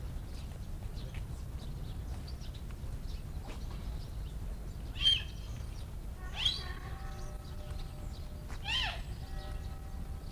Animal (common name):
Chital